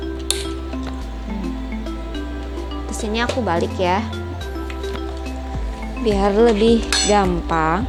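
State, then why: Seated. A tubular leg of a Coco Latte Delux portable electric baby swing frame is pressed and pushed into its plastic joint, clicking into place with a sharp, loud hit at 0.3 s. Quieter knocks follow as someone talks over background music.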